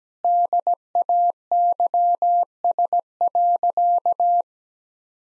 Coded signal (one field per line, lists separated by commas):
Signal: Morse code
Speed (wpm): 17 wpm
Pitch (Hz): 700 Hz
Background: none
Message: DAYS.